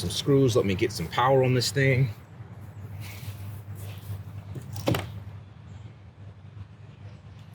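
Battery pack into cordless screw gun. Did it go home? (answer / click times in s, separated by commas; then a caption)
yes / 5.0 s. Someone talks, then a battery pack is slid onto a cordless screw gun and latches with a sharp click at 4.9 s. A low steady hum continues underneath throughout, and the battery pack is seated on the tool.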